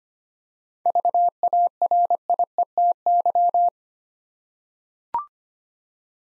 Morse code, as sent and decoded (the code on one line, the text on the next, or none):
...- .- .-. .. . - -.--
VARIETY